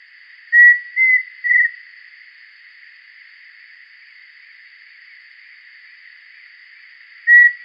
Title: LuckyPassaro Completos2Sama. Pheasant Cuckoo (Dromococcyx phasianellus)